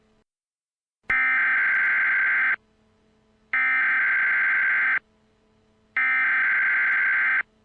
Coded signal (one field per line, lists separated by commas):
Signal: Emergency Alert System (SAME) tones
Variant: header bursts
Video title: EAS Scenario: WW3 Part 2: Escalation